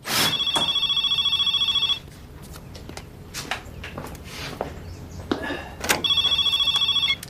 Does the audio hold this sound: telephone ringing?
yes